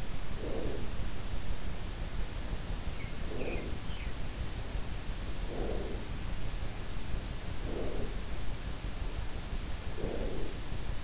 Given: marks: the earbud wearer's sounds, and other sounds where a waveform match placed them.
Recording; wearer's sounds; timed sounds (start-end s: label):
sounds in sleep by an in-ear microphone; breath
0.00-1.39 s: breath
2.88-4.22 s: breath
5.22-6.37 s: breath
7.43-8.47 s: breath
9.48-11.03 s: breath